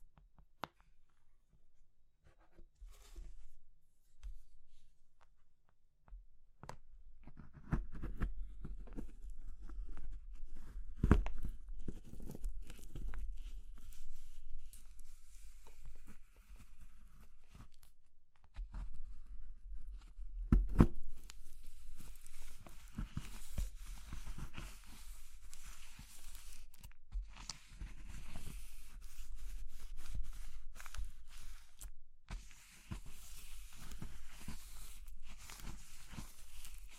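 Soft materials like soap, chalk, meringue and pastel are crushed and crumbled in dense, irregular bursts of crackling and scraping. The first seconds are sparse, with a few sharp snaps; from about seven seconds on the crunching is nearly continuous, with a steady low rumble underneath and brief pauses near 18 and 27 seconds.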